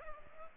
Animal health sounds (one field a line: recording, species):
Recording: mosquito wingbeat signal from an infrared sensor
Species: Culex pipiens